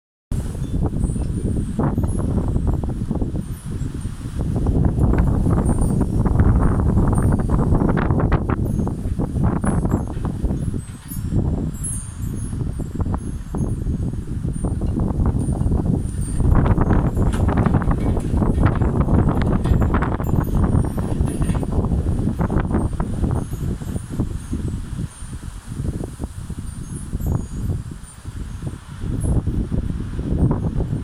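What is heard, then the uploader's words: A wind spinner turns outdoors in strong, gusting wind that roars for the whole half minute, with brief lulls near 11 and 23 seconds. Faint, high metallic tinkling sparkles above the rumble throughout. That's it, just the wind spinner.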